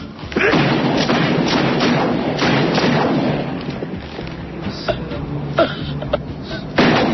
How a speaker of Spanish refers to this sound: Bueno, pues si faltaban tiros, un poquito más.